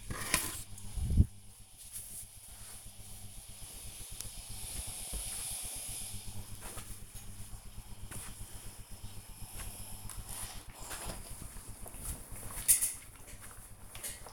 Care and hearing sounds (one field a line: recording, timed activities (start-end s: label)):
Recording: household activities, microphone on the right wrist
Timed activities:
12.62-14.33 s: ironing laundry